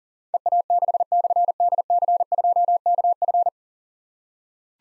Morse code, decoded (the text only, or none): EA6/DC2KF